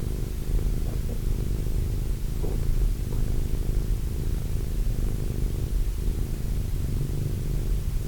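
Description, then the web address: Cat purring, a steady low rumbling throb that continues without a break throughout, with faint hiss underneath. Cat named Wilson. "~pelikas CATSOUNDS Wilson Cat"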